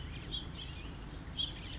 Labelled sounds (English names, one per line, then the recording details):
House Finch
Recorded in Sonoma County, California